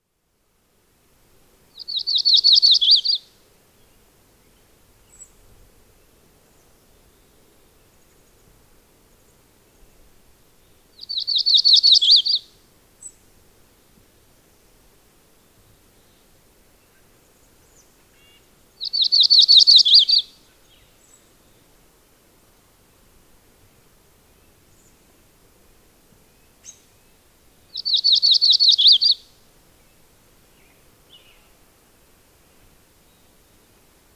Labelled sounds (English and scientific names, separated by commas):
Yellow-rumped Warbler (Setophaga coronata) song